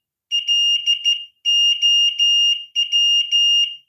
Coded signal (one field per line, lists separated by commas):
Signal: Morse code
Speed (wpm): 13 wpm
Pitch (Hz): 2850 Hz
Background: none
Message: LOW